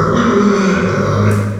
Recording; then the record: squeal of a Yucatan mini pig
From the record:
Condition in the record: after surgery on the right vocal fold (resection and tissue-engineered implant); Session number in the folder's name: 15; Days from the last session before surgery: 175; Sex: female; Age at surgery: 19 weeks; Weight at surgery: 25 kg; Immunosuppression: prednisolone